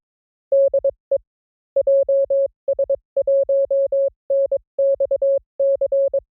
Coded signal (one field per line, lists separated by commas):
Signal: Morse code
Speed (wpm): 22 wpm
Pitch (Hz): 550 Hz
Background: none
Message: DE JS1NXC